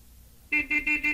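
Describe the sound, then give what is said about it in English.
A car horn honks four times in quick succession after a moment of quiet, each toot a bright, steady-pitched blare with no one talking. “That's a car, too.”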